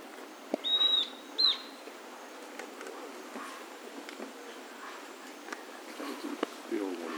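Bird calls as two thin, high whistles, the first longer and steady, the second short and hooked, over steady background hiss with scattered faint clicks.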